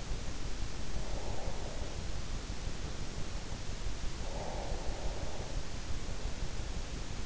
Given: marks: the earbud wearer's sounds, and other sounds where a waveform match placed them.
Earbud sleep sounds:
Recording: sounds in sleep by an in-ear microphone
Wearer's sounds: breath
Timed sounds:
0.82-2.15 s: breath
4.06-6.00 s: breath

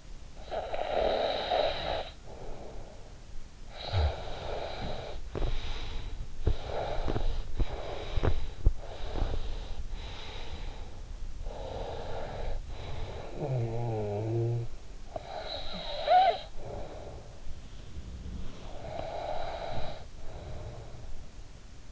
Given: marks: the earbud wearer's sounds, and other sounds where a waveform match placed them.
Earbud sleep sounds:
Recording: sounds in sleep by an in-ear microphone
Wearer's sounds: snoring breath, breath, teeth grinding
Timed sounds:
0.26-3.35 s: snoring breath
3.66-11.38 s: breath
5.15-8.89 s: teeth grinding
11.24-17.84 s: snoring breath
18.39-21.64 s: breath

